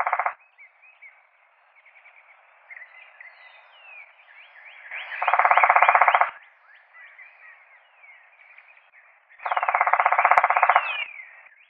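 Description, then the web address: Red-bellied woodpecker calls: the end of one call at the start, then two loud rolling churrs of about a second each, over a steady background of fainter chatter. Recorded on 4 January 2007. "Red-bellied Woodpecker 2007 01 04"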